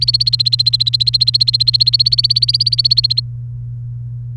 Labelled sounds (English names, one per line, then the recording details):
Domestic Canary song
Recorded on 30 April 2018 at 08:53
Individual llb3